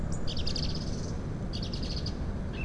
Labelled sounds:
Song Thrush

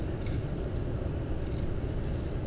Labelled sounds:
Song Thrush

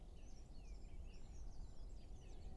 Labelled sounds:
Great Spotted Woodpecker

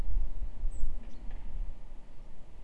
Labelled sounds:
Common Chaffinch

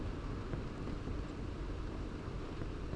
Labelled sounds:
Song Thrush

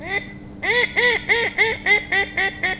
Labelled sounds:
Mallard

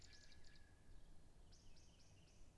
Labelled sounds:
Common Blackbird

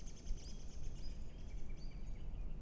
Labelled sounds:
Song Thrush

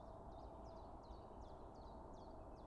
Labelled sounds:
Common Chiffchaff

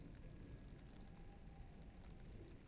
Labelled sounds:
Tawny Owl

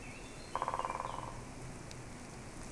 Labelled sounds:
Great Spotted Woodpecker

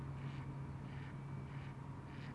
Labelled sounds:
Mallard

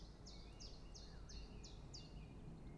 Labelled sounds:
Common Chiffchaff

